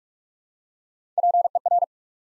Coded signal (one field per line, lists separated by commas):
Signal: Morse code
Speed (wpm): 44 wpm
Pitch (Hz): 700 Hz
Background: none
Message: PER